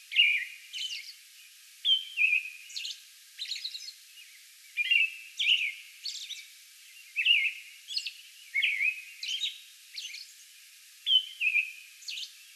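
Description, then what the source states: American robin singing a steady run of short caroling phrases, each a warbled whistle followed by thin high squeaky notes, with brief pauses. Song bout recorded May 11.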